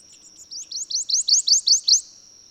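Bird singing a rapid series of several sharp rising chirps, evenly spaced, with a constant thin high tone continuing behind them.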